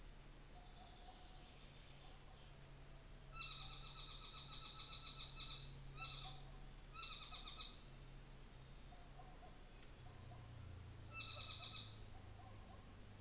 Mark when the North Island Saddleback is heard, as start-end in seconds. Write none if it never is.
3.29-6.42, 6.80-7.86, 10.99-11.97